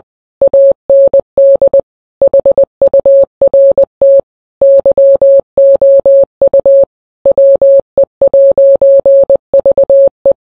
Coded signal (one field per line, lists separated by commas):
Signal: Morse code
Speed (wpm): 20 wpm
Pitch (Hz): 550 Hz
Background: none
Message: AND HURT YOU WE'VE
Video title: never going to give you up in Morse code ( the real one is 15 min long I made it shorter )